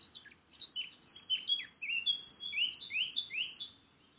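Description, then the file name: Eurasian blackcap song: a quick scratchy warble leading into clearer, louder fluting phrases with short rising whistles near the end. "Sylvia atricapilla"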